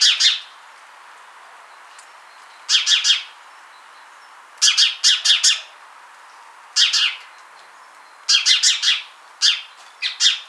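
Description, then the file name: House sparrow chirping in irregular bursts, single notes and quick groups of a few notes, with pauses of a second or two between. "Passer domesticus"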